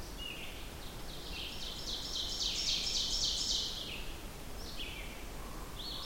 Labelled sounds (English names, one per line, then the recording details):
Ovenbird song
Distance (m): 45 m
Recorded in boreal forest in Alberta, Canada, on 14 June 2016 at 07:23
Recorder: SongMeter 3, array SBT-3-33
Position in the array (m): 100 m, 137 m
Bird 21